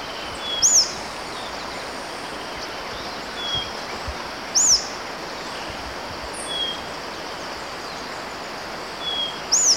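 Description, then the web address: White-fronted tyrannulet giving sharp, high, chevron-shaped call notes about every four seconds, with fainter thin notes between, against a constant background hiss. Ecuador. "Natures Songs S America Birds of Ecuador. White-fronted Tyrannulet"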